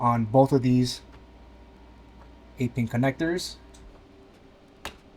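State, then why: Seated. An 8-pin CPU power plug is pushed into its header on the motherboard while someone talks over the first part of the clip. After the talking stops, a single sharp click at 4.9 s marks the 8-pin CPU power connector seating into place.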